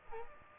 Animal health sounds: mosquito wingbeat signal from an infrared sensor; Aedes aegypti

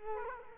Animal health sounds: mosquito wingbeat signal from an infrared sensor; Culex quinquefasciatus

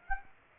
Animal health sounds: mosquito wingbeat signal from an infrared sensor; Aedes aegypti

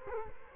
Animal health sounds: mosquito wingbeat signal from an infrared sensor; Culex quinquefasciatus

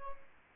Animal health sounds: mosquito wingbeat signal from an infrared sensor; Aedes albopictus

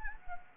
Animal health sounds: mosquito wingbeat signal from an infrared sensor; Anopheles gambiae

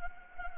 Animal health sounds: mosquito wingbeat signal from an infrared sensor; Anopheles gambiae

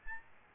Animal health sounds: mosquito wingbeat signal from an infrared sensor; Aedes albopictus

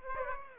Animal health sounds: mosquito wingbeat signal from an infrared sensor; Aedes aegypti

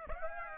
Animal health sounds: mosquito wingbeat signal from an infrared sensor; Aedes aegypti

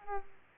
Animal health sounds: mosquito wingbeat signal from an infrared sensor; Aedes aegypti

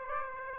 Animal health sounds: mosquito wingbeat signal from an infrared sensor; Aedes aegypti

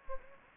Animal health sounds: mosquito wingbeat signal from an infrared sensor; Anopheles gambiae

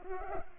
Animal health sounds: mosquito wingbeat signal from an infrared sensor; Culex pipiens

